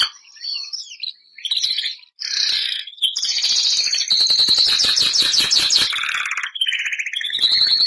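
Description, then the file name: Canary (Bernois): canary singing, starting with short twittering bursts, then building into a loud, continuous rapid trill with buzzy rolling phrases. Bernois canary breed. "canto do canario bernois"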